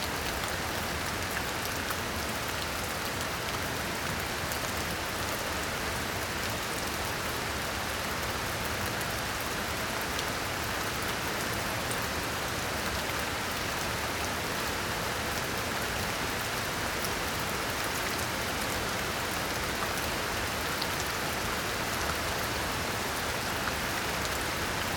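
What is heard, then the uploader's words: Steady rain falls outdoors in a park, a dense, even hiss of drops that holds at the same level for the whole stretch. Fine crackling pattering sits on top of a soft low rumble, with no single events standing out. Ext, Rain, Isham Park by Bandeto.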